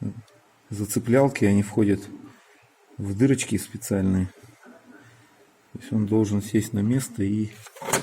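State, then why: Not seated. The air filter housing cover on the engine air box of a VW T5 Multivan Highline TDI 2.5 van is being handled with the new air filter in place, its spring latches not yet snapped shut. Someone talks through most of the clip, with only faint handling sounds in the pauses. Nothing has seated or clicked yet.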